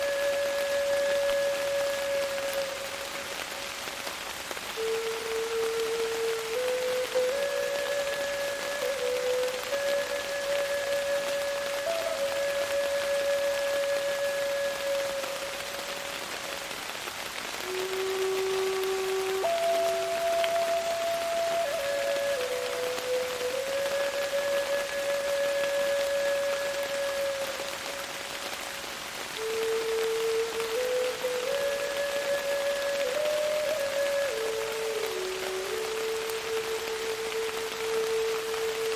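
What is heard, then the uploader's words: A wooden flute plays a slow, wandering melody of long held notes in a middle register, stepping up and down with brief pauses. Steady, dense rain hisses underneath the whole time, an even wash of drops that never lets up. Native American Flute & Rain. The wooden flute emits a mellow, enchanting tone, its timbre is warm and earthy. I curated a different flute arrangement for this (Vol 2) to mix with my night rain sounds.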